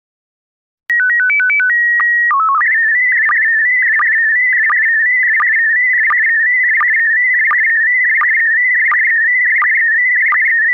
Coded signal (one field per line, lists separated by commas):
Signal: SSTV (slow-scan television)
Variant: PD 90